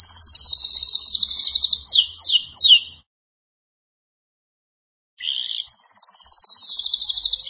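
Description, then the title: Belgian canary singing a high rapid trill and three quick slurred notes, a two-second pause, then another long high rolling trill. "Canario Belga"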